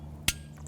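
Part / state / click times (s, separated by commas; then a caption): folding saw blade into its handle lock / seated / 0.3 s. A folding Falco 600 pruning saw is unfolded until its blade locks open into the handle lock with a single sharp click at 0.3 s, followed by a few faint ticks. The blade is seated and locked, so it won't fold back onto the hand.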